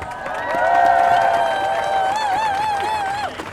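A crowd at a climate march (Klimaatmars) claps steadily for all the children present while cheering rises over it, with a long, high, wavering whoop carrying above the dense applause for a few seconds before fading slightly at the end.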